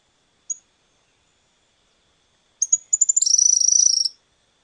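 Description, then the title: Cattle tyrant giving one high squeaky note, then after a pause a quick run of thin notes that breaks into a fast buzzy twittering lasting about a second. Subspecies Machetornis rixosa rixosa. "LuckyPassaro Completos2Sama. Cattle Tyrant (Machetornis rixosa rixosa)"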